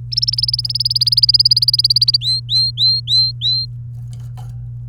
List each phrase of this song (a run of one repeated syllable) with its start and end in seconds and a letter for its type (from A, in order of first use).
0.12-2.17 A, 2.21-3.65 B